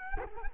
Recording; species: mosquito wingbeat signal from an infrared sensor; Culex quinquefasciatus